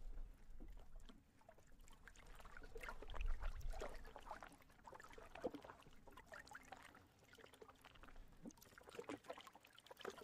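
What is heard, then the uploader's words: Water laps and splashes in irregular bursts, with a heavier slosh and a low thump around three seconds in. A faint low hum runs steadily underneath, and the lapping comes in uneven waves for the rest of the clip. Water lapping.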